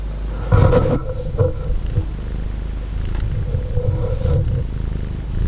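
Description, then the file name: Domestic cat purring in a low, rumbling throb. Pet cat named Donna, recorded 23 February 2011. "Purring Domestic Cat Donna 20110223"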